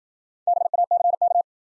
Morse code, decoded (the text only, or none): BACK